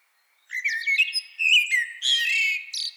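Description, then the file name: Eurasian blackbird song beginning after a brief silence: a mellow warbled run that grows richer and ends in high, scratchy twittering. "Turdus merula"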